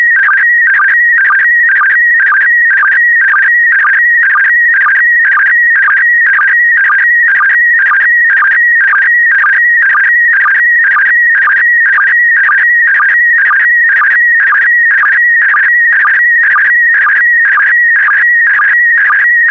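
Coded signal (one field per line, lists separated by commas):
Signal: SSTV (slow-scan television)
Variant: PD120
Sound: warbling, chirping tone with a steady rhythmic beat about twice per second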